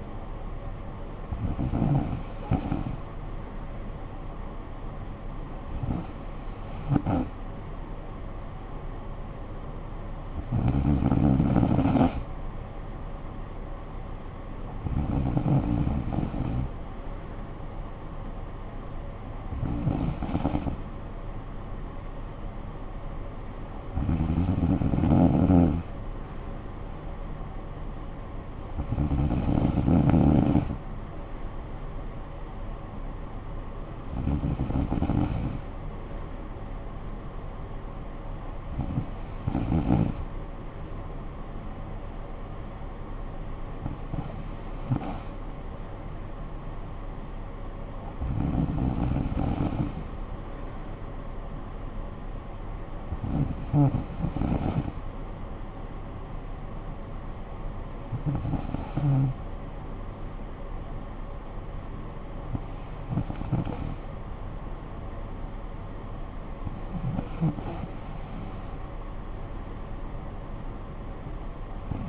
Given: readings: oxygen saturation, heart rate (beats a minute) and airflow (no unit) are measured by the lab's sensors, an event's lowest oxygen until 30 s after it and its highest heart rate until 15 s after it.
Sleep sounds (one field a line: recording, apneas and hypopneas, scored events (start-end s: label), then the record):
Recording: breathing in sleep by a smartphone at the bedside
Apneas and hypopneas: none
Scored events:
none scored
From the record:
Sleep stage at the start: N2 (light sleep)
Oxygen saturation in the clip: 94 to 95%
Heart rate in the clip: 53 to 62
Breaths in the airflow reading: 15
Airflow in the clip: -10.4 to 6.2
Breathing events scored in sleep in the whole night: 445 in 7.6 hours asleep